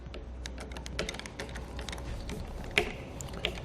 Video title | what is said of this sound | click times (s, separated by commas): etrailer - How to Install: Yakima RidgeLine Roof Rack for Flush Rails on your 2018 Ford Fusion | going to be listening for two clicks on our tool to tell we know it's properly torqued down | 2.8 s, 3.4 s